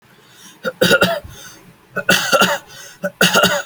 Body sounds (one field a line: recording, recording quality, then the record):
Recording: heavy voluntary cough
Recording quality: excellent, no background noise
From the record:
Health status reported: exposed to COVID-19, no respiratory illness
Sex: male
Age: 20 years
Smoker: no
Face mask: not worn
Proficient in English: yes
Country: India